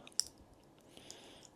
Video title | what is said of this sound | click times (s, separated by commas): TAG Heuer F1 Watch Battery Replacement, Didn't Go As Planned! Must Watch Before Attempting Repair. | and lock into place | 0.2 s